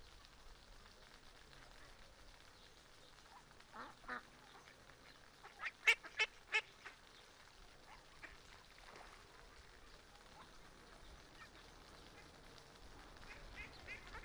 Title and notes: Paseo de la Senda, Griñón, Madrid, España - Tarde en el parque del río con patos. patos griñon. Ánade Real (Anas platyrhynchos)